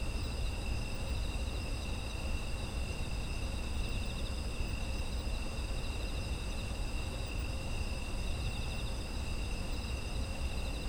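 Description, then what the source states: Continuous insect trilling, several high tones sounding together and evenly, over a constant low background drone. Ambient chorus of autumn insects.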